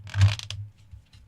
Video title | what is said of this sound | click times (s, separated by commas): #10 Bench Chat & Guitar Repair! Looking at a VH style guitar I did for a viewer in PA | Oh, you'll hear it click right there. | 0.5 s